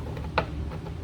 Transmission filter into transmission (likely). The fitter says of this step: all right got her snapped into place there like